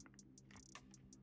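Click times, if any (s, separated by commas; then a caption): none. The barrel of a break-action single-shot gun is carefully closed onto the frame latch over a chambered case, making a series of faint, short ticks and scrapes over a steady low hum. The action does not close fully and does not latch; nothing has seated or clicked yet.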